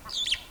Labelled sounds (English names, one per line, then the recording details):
Superb Starling flight call
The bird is a female
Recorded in Kenya on 9 April 2009 at 08:10
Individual 67, of group MRCV